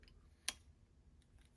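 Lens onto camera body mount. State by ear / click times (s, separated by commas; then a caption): seated / 0.5 s. A camera lens is twisted onto the camera body mount until it locks into place. A single small, quiet click is heard at 0.5 s, with a few faint ticks before it and near-silence after. The lens is seated and locked on the mount.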